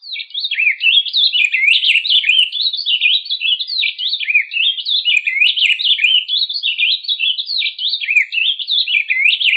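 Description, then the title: Bird song, a continuous fast warbling chatter of rising and falling twittered notes, unbroken throughout, with a clean silent background. "LuckyPassaros CompletosSama"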